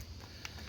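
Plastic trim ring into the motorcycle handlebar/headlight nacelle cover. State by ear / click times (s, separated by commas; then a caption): seated / 0.5 s. A plastic trim ring, aligned so its marker points to unlock, is pressed back into the handlebar headlight nacelle cover of a motorcycle while the top trim is being reinstalled. Against a low background hum, a single sharp snap is heard at 0.5 s as the ring seats back in place.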